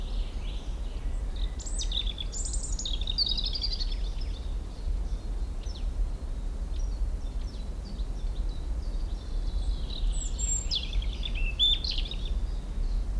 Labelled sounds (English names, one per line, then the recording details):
European Robin
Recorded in the wild
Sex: male
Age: adult
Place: Blankenfelde, Tegeler Fließ, Berlin, DE
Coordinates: 52.64, 13.39
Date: 1994-04-23 12:04
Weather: heiter 16-19°C
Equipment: Marantz CP 430, Sennheiser ME 80, Kopie Uher Variocord 263
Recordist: Tembrock, Günter